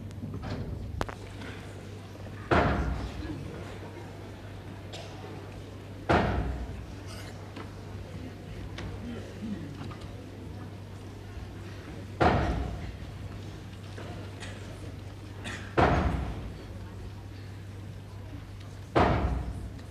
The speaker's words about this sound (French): Tu avais ouvert la porte, va-t'en.